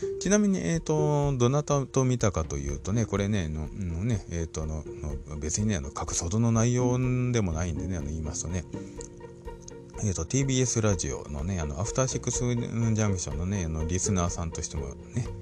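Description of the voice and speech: An adult man who stutters speaks Japanese in a low voice, with frequent drawn-out filler sounds, stretched syllables and a repeated short syllable before words. This is stuttering, a fluency disorder marked by sound repetitions, prolongations and inserted fillers.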